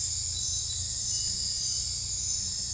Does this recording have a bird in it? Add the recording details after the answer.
no. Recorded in secondary vegetation near Puerto Asís, Putumayo, Colombia, on 20 December 2024 at 23:00. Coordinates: 0.481, -76.318. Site G042